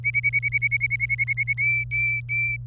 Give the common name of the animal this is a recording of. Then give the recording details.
Domestic Canary. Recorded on 27 April 2018 at 14:43. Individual llb3